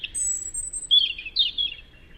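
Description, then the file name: European robin song: a thin high whistled note followed by two bright, tumbling warbled phrases around mid-high pitch, with a faint low rumble beneath. "Tomas Belka - Zaryanka Erithacus rubecula"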